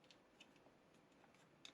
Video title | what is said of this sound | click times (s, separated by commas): Playstation 1 Model Kit Buildalong - Part 1 | That snaps into place. | 1.6 s